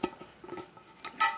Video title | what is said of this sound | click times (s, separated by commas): MSR Flex Skillet Review ...and other thoughts on choosing a Camp Skillet | Pull it back. You hear that click and now it is locked in and it won't come undone, | 1.2 s